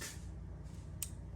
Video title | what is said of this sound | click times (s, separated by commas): Holley Power Tap | just like that and now it's in there and locked and then uh finish it up | 1.0 s